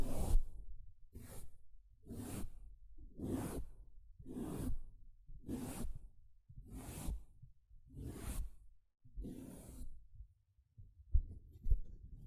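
A sponge is brushed or scratched in nine even, rhythmic strokes, roughly one per second, each a rough hissing swipe with a soft low thud underneath. After about ten seconds the strokes stop, leaving a brief gap and a few faint low knocks.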